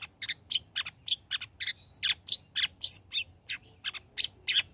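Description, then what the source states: Long-tailed shrike song: harsh, scratchy chattering notes in a rapid, uneven series with occasional thin whistled accents. Prolific singer (gacor) presented as masteran material for training songbirds to learn its song.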